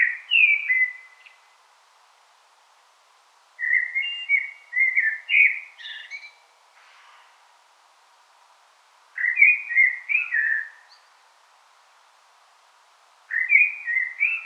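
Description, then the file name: Common blackbird song: warbled, fluty phrases with rising and falling notes, delivered in bursts separated by pauses of a few seconds. "Turdus merula"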